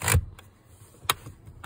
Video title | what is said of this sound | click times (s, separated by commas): How to install a Maxi-Cosi IsoFix Base | until you hear it click. | 1.1 s